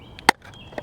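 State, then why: Seated. A new Napa Gold cartridge-style oil filter element, with its O-ring already fitted, is pushed by hand into a plastic filter housing cap. It gives one sharp, bright click at 0.3 s, with fainter ticks at about 0.2 s and 0.8 s. The element is seated and can't be pulled back out without a lot of force.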